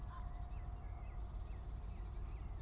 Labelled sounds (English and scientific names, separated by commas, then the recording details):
Eurasian Blue Tit (Cyanistes caeruleus)
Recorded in Germany
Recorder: ecoPi